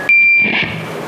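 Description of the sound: A steady, sharp, high-pitched whistling tone of about half a second, like a shrill squeal, simulating tinnitus.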